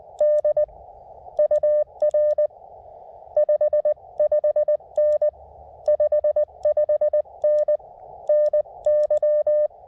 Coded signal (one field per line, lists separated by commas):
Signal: Morse code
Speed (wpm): 20 wpm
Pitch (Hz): 590 Hz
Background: none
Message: D UR 55N 55N NY